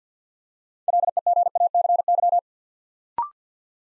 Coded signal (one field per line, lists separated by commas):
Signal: Morse code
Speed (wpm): 50 wpm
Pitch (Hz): 700 Hz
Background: none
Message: LEGACY